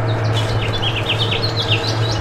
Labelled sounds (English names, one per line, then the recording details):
House Finch song
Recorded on Long Island, New York, on 22 June 2011
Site IT
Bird A